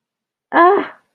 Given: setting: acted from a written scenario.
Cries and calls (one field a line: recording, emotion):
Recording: vocal sound without words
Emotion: distress